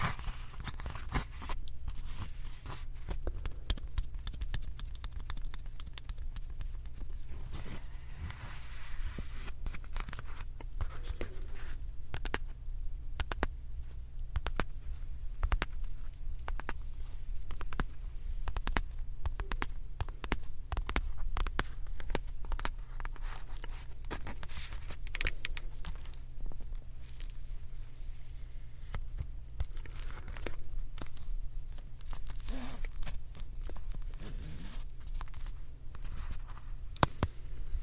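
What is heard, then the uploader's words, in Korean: Puffs and pouches are handled throughout, giving a dense run of crinkly rustles, taps and small scratchy crunches that come in quick, irregular bursts. A steady low hum sits underneath the whole time, and the handling stays busy from start to finish. ASMR 클리오 퍼프 , 파우치 소리 가득.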